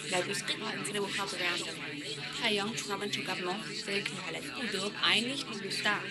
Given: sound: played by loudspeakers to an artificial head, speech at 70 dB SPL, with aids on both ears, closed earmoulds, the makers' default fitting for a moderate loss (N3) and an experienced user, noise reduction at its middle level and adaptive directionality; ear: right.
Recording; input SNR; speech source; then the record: speech test signal (ISTS) in cocktail-party noise; -3 dB; in front (0 degrees)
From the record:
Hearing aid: class 1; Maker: E